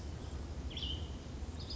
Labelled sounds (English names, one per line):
Cassin's Vireo